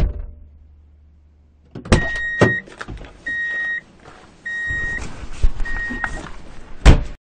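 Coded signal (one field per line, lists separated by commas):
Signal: alarm pattern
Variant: vehicle reversing alarm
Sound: four steady high beeps about a second apart, with door thunks and clicks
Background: car door thumps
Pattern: 4 beeps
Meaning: The vehicle is driving in reverse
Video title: 교통수단 소리, Traffic Sound effect, Drive in Reverse Beep Alert, 1분 15초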